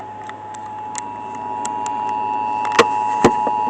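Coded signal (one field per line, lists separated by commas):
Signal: Emergency Alert System (SAME) tones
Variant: 853 and 960 Hz attention tone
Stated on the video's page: Iowa required monthly test received on an FM radio station.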